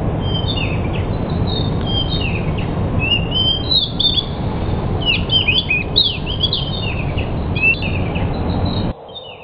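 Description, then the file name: Pied bush chat singing a continuous, varied run of chirps and warbled notes for nearly nine seconds over steady background noise. Decu described as 'sudah jadi', meaning a finished, fully trained singer. "suara burung decu sudah jadi. omkicau"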